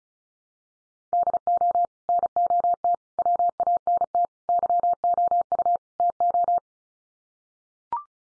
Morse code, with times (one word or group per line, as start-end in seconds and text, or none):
1.1-1.9 DO
2.1-2.9 NOT
3.2-4.2 WANT
4.5-5.8 YOU
6.0-6.6 TO